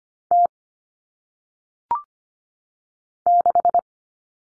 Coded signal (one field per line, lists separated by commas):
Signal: Morse code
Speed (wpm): 25 wpm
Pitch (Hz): 700 Hz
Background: none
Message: T 6